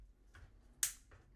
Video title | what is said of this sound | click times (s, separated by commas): Sound Activated Flashing Logo for iPhone 6 Plus | Well, it sort of snaps into place, just like that. | 0.8 s